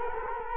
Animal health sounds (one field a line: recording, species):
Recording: mosquito wingbeat signal from an infrared sensor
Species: Culex quinquefasciatus